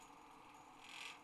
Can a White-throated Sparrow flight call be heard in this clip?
no